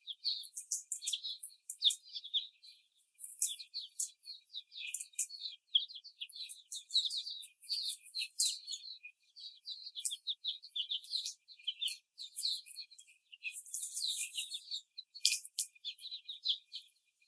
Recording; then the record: young laying hens in a cage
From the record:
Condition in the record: before the stressor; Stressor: simulated dog barking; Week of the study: 4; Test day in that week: 3